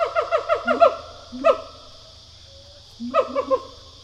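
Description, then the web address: Siamang calls opening with a rapid run of barks, then a single rising whoop and a faint brief note, then after a quiet gap a short series of three notes, with low background hum. Pair call. "Sound Effects-Foundation. Animal Gibbon Siamang pair call"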